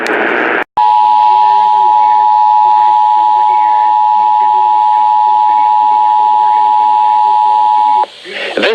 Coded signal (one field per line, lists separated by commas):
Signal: Emergency Alert System (SAME) tones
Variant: 853 and 960 Hz attention tone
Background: speech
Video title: First Illinois Required Monthly Test Of 2018! 01/02/2018 (EAS# 137-142)